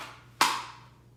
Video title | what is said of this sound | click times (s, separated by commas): Dara Holster review IWB Tuckable | positive click you know that it's in there so | 0.4 s